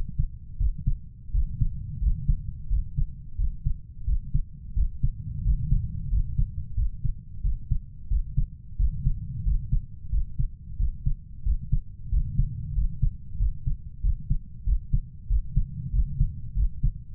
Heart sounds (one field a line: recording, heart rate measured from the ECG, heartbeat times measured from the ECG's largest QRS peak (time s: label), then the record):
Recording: heart sounds by stethoscope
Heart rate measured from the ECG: 90 bpm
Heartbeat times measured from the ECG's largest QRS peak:
0.61 s: heartbeat
1.35 s: heartbeat
2.02 s: heartbeat
2.71 s: heartbeat
3.39 s: heartbeat
4.08 s: heartbeat
4.77 s: heartbeat
5.45 s: heartbeat
6.12 s: heartbeat
6.78 s: heartbeat
7.44 s: heartbeat
8.11 s: heartbeat
8.80 s: heartbeat
9.46 s: heartbeat
10.13 s: heartbeat
10.80 s: heartbeat
11.46 s: heartbeat
12.12 s: heartbeat
12.76 s: heartbeat
13.40 s: heartbeat
14.04 s: heartbeat
14.67 s: heartbeat
15.30 s: heartbeat
15.94 s: heartbeat
16.57 s: heartbeat
From the record:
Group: healthy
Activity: rest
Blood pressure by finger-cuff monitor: 138/77 mmHg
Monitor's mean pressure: 95 mmHg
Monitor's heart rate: 91 bpm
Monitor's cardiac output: 7.6 L/min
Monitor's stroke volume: 84 mL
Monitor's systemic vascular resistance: 920 dyn s/cm5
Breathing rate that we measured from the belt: 17 breaths a minute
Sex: male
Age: 21 years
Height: 175 cm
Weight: 72.6 kg